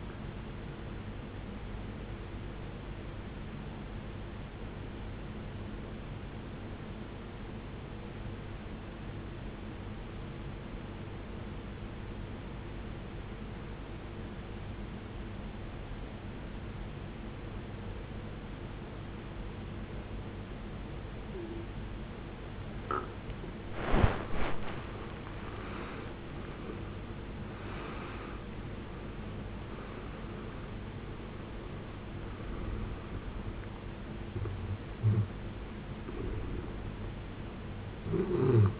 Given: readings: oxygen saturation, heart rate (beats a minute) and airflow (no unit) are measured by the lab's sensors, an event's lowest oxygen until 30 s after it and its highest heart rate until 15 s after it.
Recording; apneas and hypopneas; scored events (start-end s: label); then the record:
breathing in sleep by a voice recorder at the bedside; 1
7.00-25.00 s: obstructive apnea (N1, oxygen 94% highest, then 79% lowest, heart rate 70 at the start, 81 highest)
12.00-38.80 s: new sleep stage, N2 (light sleep)
From the record:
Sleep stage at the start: N1 (lightest sleep); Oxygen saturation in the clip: 78 to 94%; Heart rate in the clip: 56 to 81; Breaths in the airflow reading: 5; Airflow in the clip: -19.8 to 17.1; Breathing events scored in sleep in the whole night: 389 in 6.3 hours asleep